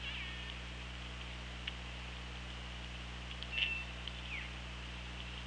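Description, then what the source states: Killer whale call, a brief high tonal whistle-like note with faint harmonics rising above steady underwater hiss and low mechanical hum, with scattered clicks. Recorded by OrcaLab hydrophone on 24 August 2017 at 17:39:15.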